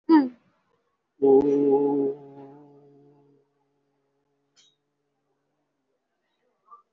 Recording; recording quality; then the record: sustained vowel as in boot; excellent, no background noise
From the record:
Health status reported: COVID-19 positive, mild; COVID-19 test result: positive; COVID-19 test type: RT-PCR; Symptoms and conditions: fever, fatigue, muscle pain, pneumonia, diabetes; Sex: male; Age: 75 years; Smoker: no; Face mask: not worn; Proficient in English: yes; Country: India